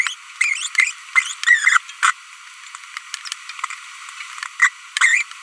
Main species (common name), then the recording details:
Green-rumped Parrotlet. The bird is a female. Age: 25 days. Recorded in a nest box in Venezuela. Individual 17B42B1